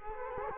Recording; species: mosquito wingbeat signal from an infrared sensor; Culex quinquefasciatus